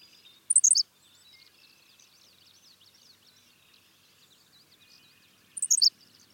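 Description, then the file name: Henslow's sparrow delivering two short, high, clipped hiccup phrases about five seconds apart. "Ammodramus henslowii - Henslow's Sparrow"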